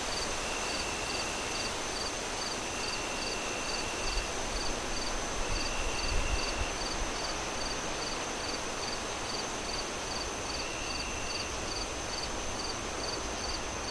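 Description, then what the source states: Cricket chirping in quick regular pulses with a steady high whine, while wind rushes throughout and swells with a low gust midway. Crickets chirping at night as the moon rises, with wind howling through trees in gusts.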